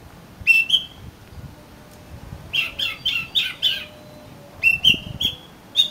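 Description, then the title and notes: Oriental magpie-robin song: a clear whistled phrase, a short pause, a run of buzzy chattering notes, then more sliding whistles. "suara kacer. kumpulan suara burung kacer"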